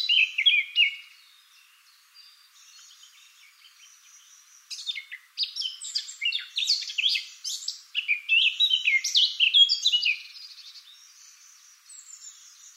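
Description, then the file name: Eurasian blackcap song in two bursts: a loud warbled phrase, a quiet chattering stretch, then a long, loud, varied fluty warble fading into soft twittering. "Sylvia atricapilla"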